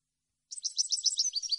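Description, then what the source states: European goldfinch song: a rapid, bright twittering run of high, liquid notes lasting about a second, with nothing else audible. Clean goldfinch song recording made for copying, meant for song training of birds.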